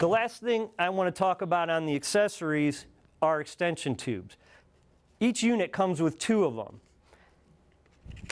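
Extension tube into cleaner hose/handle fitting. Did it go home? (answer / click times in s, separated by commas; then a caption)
yes / 8.3 s. Someone talks, then a few faint handling ticks lead into a sharp click at 8.3 s. The click is a plastic extension tube from the Carico ProSeries 360 steam cleaner's accessory set being pushed onto its hose/handle fitting. The tube snaps into place and is seated.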